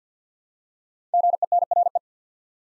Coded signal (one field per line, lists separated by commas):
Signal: Morse code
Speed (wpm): 50 wpm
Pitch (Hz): 700 Hz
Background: none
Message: GENRE